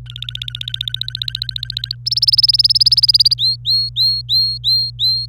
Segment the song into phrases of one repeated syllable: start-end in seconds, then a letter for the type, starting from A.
0.06-1.95 A, 2.06-3.34 B, 3.38-5.26 C